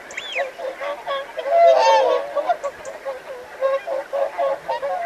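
Whooper swans honking together, overlapping trumpet-like calls with one louder swell of bugling in the middle and steady flock chatter.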